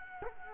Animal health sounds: mosquito wingbeat signal from an infrared sensor; Culex quinquefasciatus

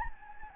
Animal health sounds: mosquito wingbeat signal from an infrared sensor; Anopheles gambiae

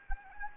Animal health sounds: mosquito wingbeat signal from an infrared sensor; Anopheles gambiae

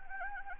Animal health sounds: mosquito wingbeat signal from an infrared sensor; Anopheles gambiae

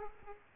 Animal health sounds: mosquito wingbeat signal from an infrared sensor; Aedes aegypti

